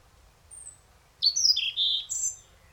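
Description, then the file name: European robin: one faint high thin note, then a loud rapid sequence of varied warbling notes jumping between pitches. "Erithacus rubecula"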